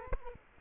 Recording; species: mosquito wingbeat signal from an infrared sensor; Culex quinquefasciatus